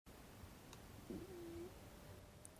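A brief low gurgling tone rises and glides for about half a second: ordinary stomach growling from an adult woman's abdomen.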